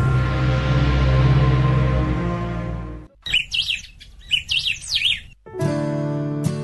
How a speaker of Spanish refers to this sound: El canto de aves autóctonas te indica el paso del tiempo en Estación Zafiro.